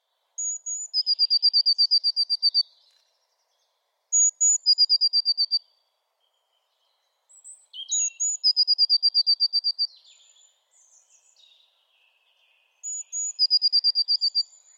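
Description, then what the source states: Blue Tit song: thin very high introductory notes, then a rapid slightly lower shimmering trill, given in four phrases separated by pauses. Subtle song of a couple of very high notes followed by a little shimmer; easily lost up in the branches of a tree.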